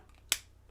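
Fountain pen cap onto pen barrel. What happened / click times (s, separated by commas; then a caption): The small cap clicked shut onto its body / 0.3 s. A fountain pen cap is pushed back onto the pen barrel and snaps shut with one crisp, bright click at 0.3 s, following a couple of faint ticks. The click decays quickly into a low steady hum, and the cap is seated.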